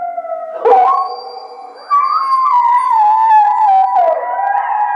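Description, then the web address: Coyote howling, wavering howls that rise and dip in pitch. Recorded 1 February 2010. "Coyote 2010 02 01 11 howl"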